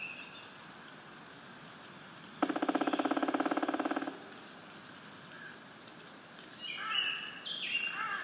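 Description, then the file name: Black woodpecker drumming, one rapid even roll of about a second and a half. Afterwards another bird gives repeated high notes that step downward. "Schwarzspecht mospa"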